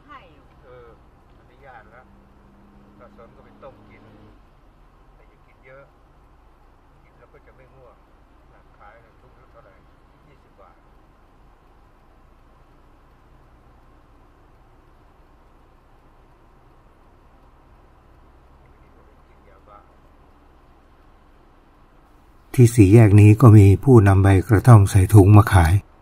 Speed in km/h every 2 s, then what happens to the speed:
0, 0, 0, 0, 0, 0, 0, 0, 0, 0, 0, 0, 0.
0-26 standing.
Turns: none.